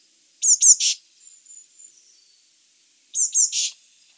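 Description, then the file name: Eurasian blue tit calling: two sharp high notes and a buzzy churr, repeated once after a pause, with faint thin notes between. "Cyanistes caeruleus"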